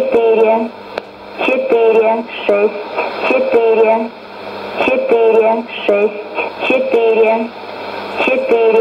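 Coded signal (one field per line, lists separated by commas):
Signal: numbers station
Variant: S06s, Russian female voice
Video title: 23 10 2019 S06s Russian Lady numbers station in Russian to Eu 0840 on 9952 unknown tx site USB+AM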